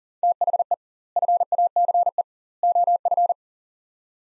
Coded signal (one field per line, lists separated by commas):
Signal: Morse code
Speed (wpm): 40 wpm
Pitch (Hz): 700 Hz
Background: none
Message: THE FACE OF